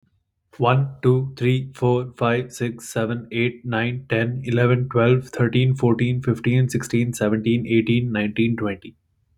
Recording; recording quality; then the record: counting at a fast pace; excellent, no background noise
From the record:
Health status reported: healthy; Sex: male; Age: 24 years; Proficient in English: yes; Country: United States